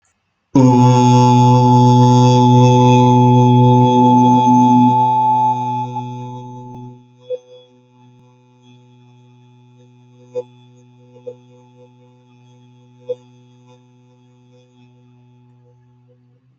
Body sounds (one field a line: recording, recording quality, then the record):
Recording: sustained vowel as in boot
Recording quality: excellent, no background noise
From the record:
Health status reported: COVID-19 positive, mild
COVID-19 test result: positive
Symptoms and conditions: cough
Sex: male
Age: 36 years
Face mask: not worn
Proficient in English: yes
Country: India